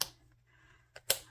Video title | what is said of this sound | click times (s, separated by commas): April New Planner/ Catch-All Planner Setup and Walkthrough | um beautiful hardware and it snaps into place | 1.1 s